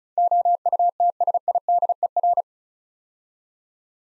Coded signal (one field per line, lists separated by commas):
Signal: Morse code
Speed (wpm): 36 wpm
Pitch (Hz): 700 Hz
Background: none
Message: OUTSIDER